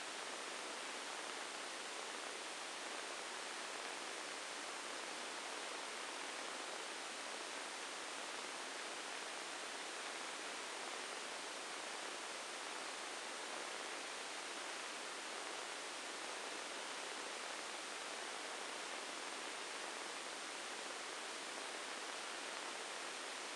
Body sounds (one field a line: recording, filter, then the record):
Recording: brain microelectrode recording played as sound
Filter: spike band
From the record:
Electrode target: subthalamic nucleus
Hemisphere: right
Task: reaching with the left hand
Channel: 1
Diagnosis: Parkinson's disease